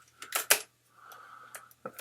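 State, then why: Partly seated. After the release button is pressed, the bounce head of a Canon EOS Speedlite 580EX flash unit is moved back into position and clicks into its angle detent on the flash body at 0.5 s, after a few lighter rattles. A faint steady tone and more small clicks follow. The head does not fully lock into place.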